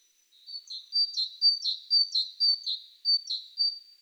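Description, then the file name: Great tit singing a steady run of about seven high, ringing two-note phrases, each high then lower, delivered briskly with no other sounds. "Parus major"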